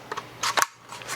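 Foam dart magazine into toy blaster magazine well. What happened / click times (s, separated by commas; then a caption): The plastic magazine slid in and latched / 0.6 s. A 40Max 18-round universal Nightingale-style plastic foam dart magazine is inserted into the magazine well of a second foam blaster, the Smiley. It gives a short scrape as it slides in, then a sharp click at 0.6 s as it locks into place, confirming it is seated. It does not gravity drop.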